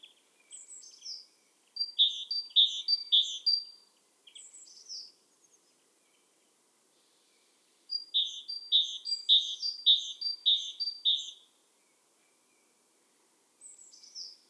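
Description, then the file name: Great tit song: bright two-note phrases repeated rapidly in bursts of several seconds, high and ringing, with short pauses between bursts. "Parus major"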